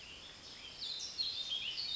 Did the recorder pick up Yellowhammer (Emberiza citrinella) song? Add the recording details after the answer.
no. Another species is heard